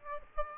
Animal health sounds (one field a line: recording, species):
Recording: mosquito wingbeat signal from an infrared sensor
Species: Aedes aegypti